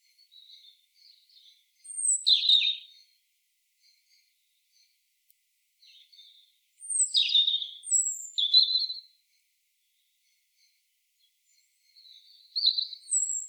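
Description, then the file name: European robin song: soft, high, thin phrases of whistles and brief trills at intervals, with quiet gaps and faint twittering between. "Erithacus rubecula"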